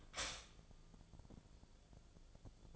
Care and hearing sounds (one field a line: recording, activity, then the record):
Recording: daily activity, microphone in the room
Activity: stop toaster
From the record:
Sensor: 5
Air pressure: 1000.3 hPa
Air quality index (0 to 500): 123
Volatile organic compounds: 2 ppm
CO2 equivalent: 977 ppm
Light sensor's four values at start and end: 85/200/86/93 and 85/200/86/93